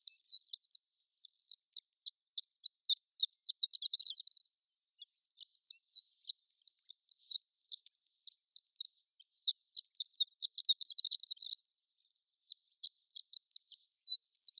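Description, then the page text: Horned lark twittering on and on in high, thin tinkling notes, repeatedly speeding into rapid jingling bursts with short pauses between. Prairie subspecies; extended twittering. "Prairie Horned Lark Extended Twittering. Quick Sounds library"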